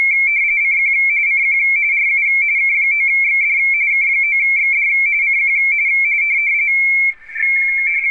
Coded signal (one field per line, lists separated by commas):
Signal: RTTY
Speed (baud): 45.45 baud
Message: CQ CQ RU K9XD K9XD CQ